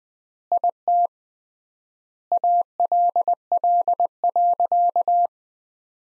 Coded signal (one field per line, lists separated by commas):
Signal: Morse code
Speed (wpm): 20 wpm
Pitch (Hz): 700 Hz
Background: none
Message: IT ALL.